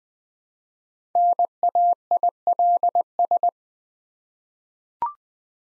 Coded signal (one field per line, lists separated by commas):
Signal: Morse code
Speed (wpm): 20 wpm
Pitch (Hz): 700 Hz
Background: none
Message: NAILS